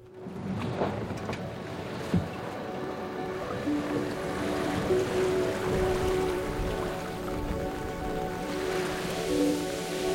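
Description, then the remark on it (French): Steady wash of waves and rushing water against a moving boat at sea, with a low engine-like rumble and faint tonal hums running throughout, no voices. “Aujourd'hui, deuxième épisode, on est à bord.”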